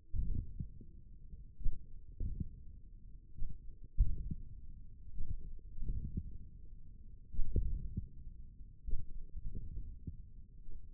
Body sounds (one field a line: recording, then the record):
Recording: forearm muscle sounds (acoustic myography)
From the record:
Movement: hand closing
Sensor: system 1, eight BSWA MPA416 microphones around the upper forearm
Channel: 2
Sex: male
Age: 28 years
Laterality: right